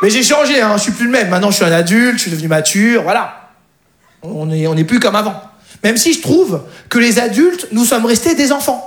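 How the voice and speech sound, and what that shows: Adult male stand-up comedian speaking French with stuttering, heard as word and part-word repetitions and a prolonged sound that break the flow of his sentences. He has difficulty finishing his sentences.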